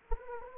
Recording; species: mosquito wingbeat signal from an infrared sensor; Anopheles arabiensis